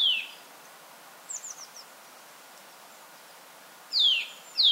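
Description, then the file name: Eurasian nuthatch calls: loud, sharply descending notes at the start and twice near the end, with a few faint high chips between and quiet hiss. "Sitta europaea"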